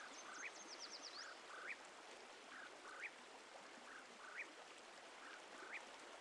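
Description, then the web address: Eastern whip-poor-will repeating its whistled phrase, a lower note then a sharply rising one, about every 1.3 seconds; a brief high trill near the start. "Dan Gibson's Solitudes Nature Trails. Whip Poor Will"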